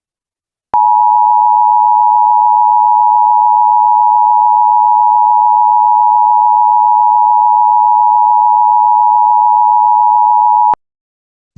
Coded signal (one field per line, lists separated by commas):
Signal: Emergency Alert System (SAME) tones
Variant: 853 and 960 Hz attention tone